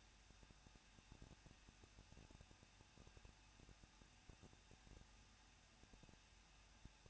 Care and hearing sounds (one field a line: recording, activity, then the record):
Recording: daily activity, microphone in the room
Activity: no activity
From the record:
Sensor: 2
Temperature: 21.0 degrees Celsius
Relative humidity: 37.3%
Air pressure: 1006.4 hPa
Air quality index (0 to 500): 220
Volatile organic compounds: 23 ppm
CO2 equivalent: 2781 ppm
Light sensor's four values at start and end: 2/3/2/2 and 2/3/2/2